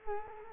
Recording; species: mosquito wingbeat signal from an infrared sensor; Culex quinquefasciatus